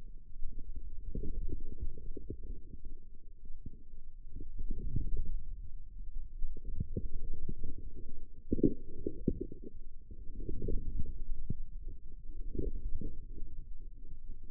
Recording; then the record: forearm muscle sounds (acoustic myography)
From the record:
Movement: outward rotation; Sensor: system 2, bracelet of six BSWA MPA416 microphones around the upper forearm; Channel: 6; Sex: male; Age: 22 years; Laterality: right